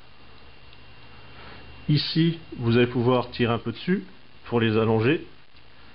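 Someone talks while handling the plastic arm extension joint on a transforming robot figure, pulling on the arms to lengthen them. Only a faint tick near 0.7 s comes before the speech, and nothing has seated or clicked into place yet.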